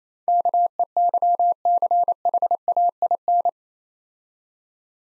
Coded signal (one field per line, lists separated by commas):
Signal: Morse code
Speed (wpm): 27 wpm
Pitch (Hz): 700 Hz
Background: none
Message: KEYCHAIN